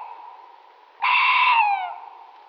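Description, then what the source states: Tawny owl call: a single harsh, harmonic-rich note about a second long, fairly level and then sliding downward at its end, over a faint steady hum. Recorded in Slovenia.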